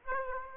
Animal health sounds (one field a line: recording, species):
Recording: mosquito wingbeat signal from an infrared sensor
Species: Aedes aegypti